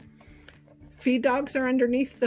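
A presser foot is attached to a sewing machine's presser foot holder: the foot's bar is centred under the holder, the holder is lowered onto it, and the foot is shifted until it snaps on. A short, sharp click at 0.5 s marks the foot seating, with faint handling sounds around it. Then someone talks.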